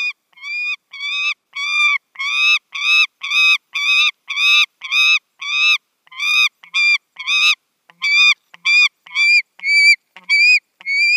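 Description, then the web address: Saker falcon calling in a fast series of harsh, harmonic notes, roughly two per second, with a brief gap near the end. "Schulze Peter Saker Falcon"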